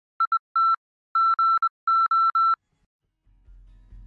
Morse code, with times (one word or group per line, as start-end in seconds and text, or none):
0.2-0.7 IT
1.2-2.5 GO